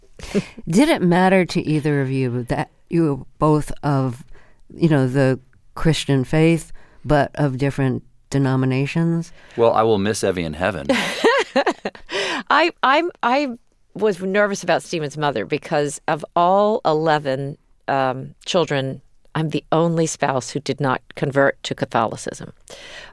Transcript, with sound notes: Did it matter to either of you that you were both of, you know, the Christian faith but of different denominations?
Well, I will miss Evie in heaven.
(Laughter) I was nervous about Steven's mother because of all 11 children, I'm the only spouse who did not convert to Catholicism.